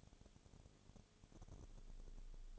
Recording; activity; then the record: daily activity, microphone in the room; no activity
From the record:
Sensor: 4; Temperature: 22.0 degrees Celsius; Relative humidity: 29.6%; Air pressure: 1002.1 hPa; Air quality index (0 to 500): 60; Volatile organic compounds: 1 ppm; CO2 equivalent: 611 ppm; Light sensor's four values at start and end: 2/3/1/1 and 2/3/1/1